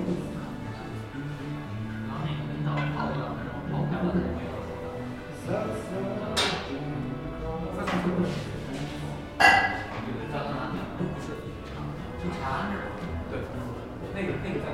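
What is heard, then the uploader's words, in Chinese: Sitting in a café, with a steady murmur of overlapping conversation filling the whole clip, voices blending into continuous chatter. Sharp clinks of cups or dishes cut through now and then, the brightest near six and a half seconds and again around nine and a half seconds. 坐在咖啡馆有点开心｜城市声音。北京地坛旁边 没有特地录说话声。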